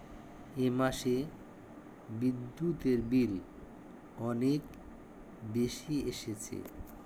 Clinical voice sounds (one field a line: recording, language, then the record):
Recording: elicited speech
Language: Bengali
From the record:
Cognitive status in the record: dementia